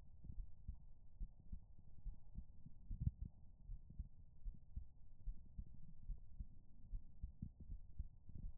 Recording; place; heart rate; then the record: heart sounds by stethoscope; pulmonary valve (PV); 72 bpm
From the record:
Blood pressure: 101/57 mmHg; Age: 28 years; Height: 164 cm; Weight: 64 kg